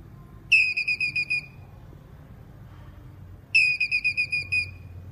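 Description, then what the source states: Squirrel chattering: two rapid series of bright, high-pitched chips about three seconds apart, over a quiet low hum. Male squirrel calling.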